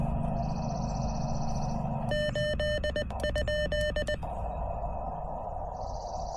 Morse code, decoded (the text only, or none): 8?